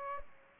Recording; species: mosquito wingbeat signal from an infrared sensor; Aedes aegypti